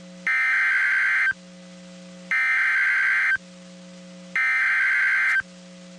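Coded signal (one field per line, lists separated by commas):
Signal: Emergency Alert System (SAME) tones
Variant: header bursts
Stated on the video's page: Two severe thunderstorm warnings from NOAA Weather Radio transmitter at Waco, Texas.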